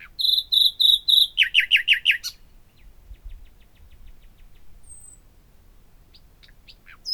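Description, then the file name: Common nightingale song: high repeated ringing notes, then loud throbbing pulses, a soft fading series of ticks, and thin high whistles near the end. "Luscinia megarhynchos"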